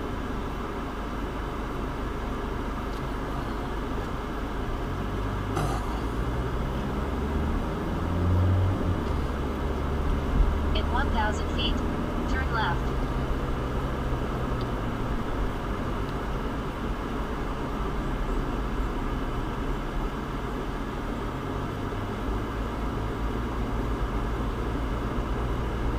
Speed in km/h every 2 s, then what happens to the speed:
0, 0, 0, 23, 32, 39, 44, 45, 42, 35, 27, 29, 32.
0-4 standing. 4-12 pulls away to 44. 16-20 brakes to 27.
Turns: none.